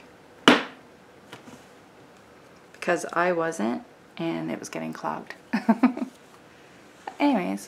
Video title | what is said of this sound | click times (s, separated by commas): Peek a Boo Pocket, Dylusions | you push down all the way until you hear a click | 0.5 s